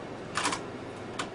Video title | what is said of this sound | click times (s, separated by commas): Cho thuê máy photocopy - HƯớng dẫn sửa máy photocopy Toshiba | and just locks in place. If you happen to put it in backwards, it's no problem. | 0.4 s, 1.2 s